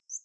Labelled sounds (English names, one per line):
Northern Waterthrush flight call